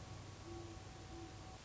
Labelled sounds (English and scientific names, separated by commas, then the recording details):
Great Horned Owl (Bubo virginianus)
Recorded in Sonoma County, California